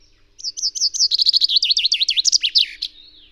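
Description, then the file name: Common chaffinch song: a run of bright repeated notes that speeds up into a quicker descending series and ends in a short flourish, lasting under three seconds. "Fringilla coelebs"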